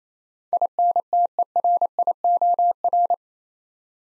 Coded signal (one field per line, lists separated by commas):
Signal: Morse code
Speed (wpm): 28 wpm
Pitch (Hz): 700 Hz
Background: none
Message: INTERIOR